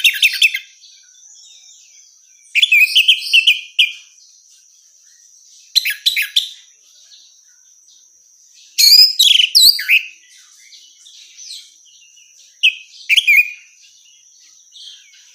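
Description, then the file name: Orange-headed thrush calls: short bursts of high chirpy notes every three seconds or so, separated by quiet gaps, over a steady high tone. Female. "suara burung anis merah betina"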